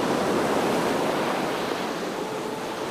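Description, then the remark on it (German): A steady, loud roar of surf washing onto a beach, a broad hiss of churning water that holds fairly even and eases slightly toward the end, with no voices. “Der Ozean ist wie ein Magnet.”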